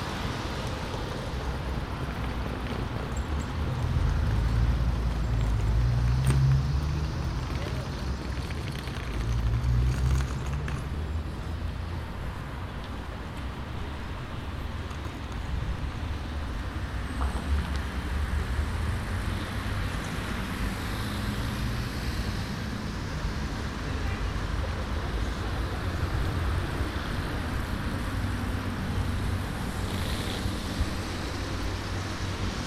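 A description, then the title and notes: Street atmosphere on the Kneuterdijk in The Hague: a steady low traffic rumble, with heavier vehicles swelling past around five and ten seconds. General atmosphere on the Kneuterdijk in The Hague.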